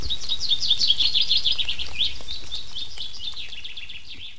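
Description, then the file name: Common chaffinch song: a dense series of bright, quickly repeated notes, fading toward the end, over a background of pattering noise. "Fringilla coelebs"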